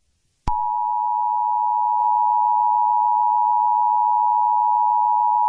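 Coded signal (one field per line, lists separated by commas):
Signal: Emergency Alert System (SAME) tones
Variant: 853 and 960 Hz attention tone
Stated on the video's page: Fictional EAS scenario, not a real alert.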